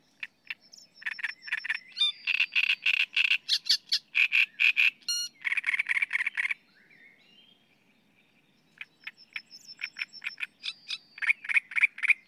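Great reed warbler song: grating, croaking phrases with some squeaky accents, a pause of around two seconds, then the harsh repeated notes build again.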